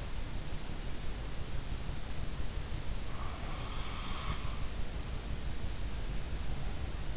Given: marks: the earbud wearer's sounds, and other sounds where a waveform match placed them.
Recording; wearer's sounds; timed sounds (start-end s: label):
sounds in sleep by an in-ear microphone; breath
3.01-4.48 s: breath